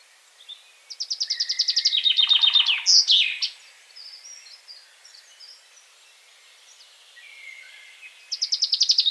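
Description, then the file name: Common chaffinch sings a full descending trill with flourish, followed by quieter chirps, then begins another song at the end. "Fringilla coelebs"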